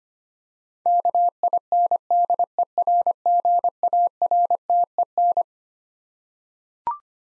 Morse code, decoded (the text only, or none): KINDERGARTEN